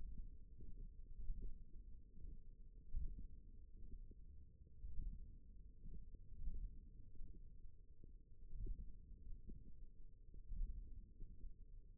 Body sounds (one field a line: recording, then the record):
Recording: forearm muscle sounds (acoustic myography)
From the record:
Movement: hook grip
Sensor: system 1, eight BSWA MPA416 microphones around the upper forearm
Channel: 1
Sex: female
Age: 21 years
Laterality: right